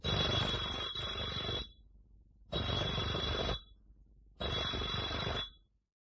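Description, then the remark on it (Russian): An electric doorbell rings three times, each ring a loud, harsh, buzzing burst lasting over a second, separated by short pauses of near silence. “Звонит Кашиным 3 раза.”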